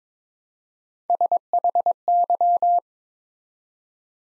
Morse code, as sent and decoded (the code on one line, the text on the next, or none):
... .... -.--
SHY